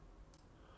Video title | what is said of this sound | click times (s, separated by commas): Cómo Cambiar la Pila de la Llave Toyota (Corolla, Camry, etc.) - ¡Hazlo en 2 Minutos! | Y ahora empujamos la pila hasta que trabe del lado de abajo. | 0.3 s